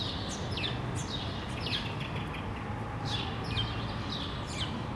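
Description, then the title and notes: Sparrows giving a run of clipped, descending chirps at an uneven pace, over a dense low background rumble. Several sparrows on Rue de l'épargne, Brussels, Belgium, recorded on World Sparrow Day using Lom mikroUši microphones into a Deity PR-2 recorder. "Rue de l'épargne, Bruxelles, Bruxelles-Capitale, Belgique - World Sparrow Day. Sparrows - moineaux"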